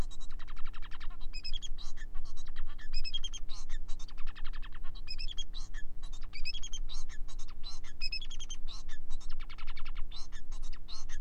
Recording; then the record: song of a male Bengalese finch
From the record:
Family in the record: son of father 4